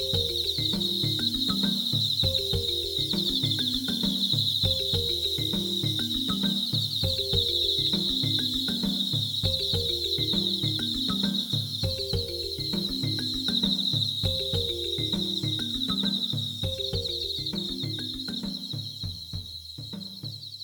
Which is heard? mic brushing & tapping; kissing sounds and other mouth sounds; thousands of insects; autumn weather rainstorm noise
thousands of insects